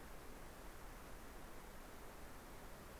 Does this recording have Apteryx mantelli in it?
no